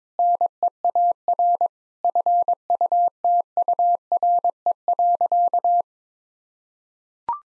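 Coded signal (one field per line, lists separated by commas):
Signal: Morse code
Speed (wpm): 22 wpm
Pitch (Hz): 700 Hz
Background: none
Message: NEAR FUTURE.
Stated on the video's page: Morse code practice at 22 wpm: sentences built from common seven-word phrases, each sent, then spoken, then sent again, for head-copy.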